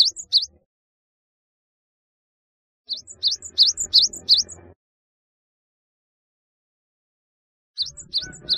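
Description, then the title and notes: Java sparrow chirping in short bursts of high, bell-like notes, each a quick down-up chirp followed by a brief higher tone, with silent gaps between bursts. "Kicau Burung Gelatik"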